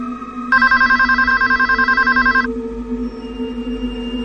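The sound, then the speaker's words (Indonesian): A home landline telephone rings in one loud, rapidly trilling burst lasting about two seconds, then falls silent, leaving a low steady hum in the background. “Sampai telepon di rumahku berdering. Aku pun segera menuju telepon rumah yang ada di ruang tengah dekat Sally duduk.”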